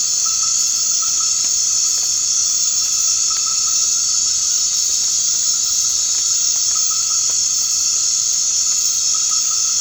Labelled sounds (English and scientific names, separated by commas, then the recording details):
none
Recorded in dense forest near Puerto Asís, Putumayo, Colombia, on 24 March 2025 at 19:00
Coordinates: 0.485, -76.318
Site G056